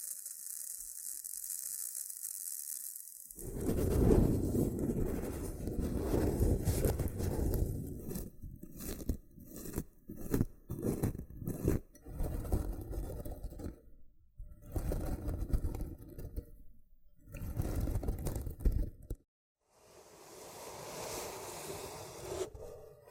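Loofah triggers begin after a few seconds of quiet hiss with a heavy, low scraping rub. The rubbing then breaks into short bursts and sharp pops separated by brief silences, mostly between ten and nineteen seconds. A softer, brighter hiss closes the clip.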